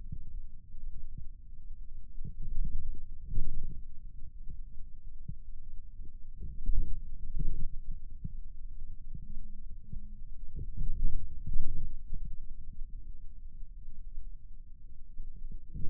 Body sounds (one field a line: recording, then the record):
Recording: forearm muscle sounds (acoustic myography)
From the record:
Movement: radial deviation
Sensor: system 2, bracelet of six BSWA MPA416 microphones around the upper forearm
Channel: 2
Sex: male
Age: 22 years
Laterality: right